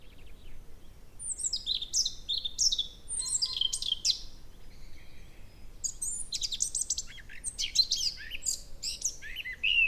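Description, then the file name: Eurasian blackcap song: several bursts of varied, quick warbling notes, some sweeping down in pitch, with short gaps between phrases. "Sylvia atricapilla"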